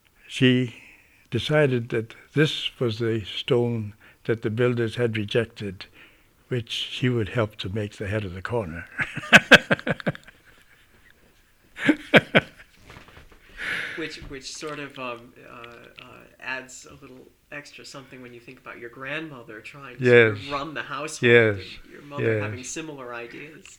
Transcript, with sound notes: she decided that this was the stone that the builders had rejected which she would help to make the head of the corner. (he laughs heartily)
Which sort of adds a little extra something when think about your grandmother trying to sort of run the household and your mother having similar ideas.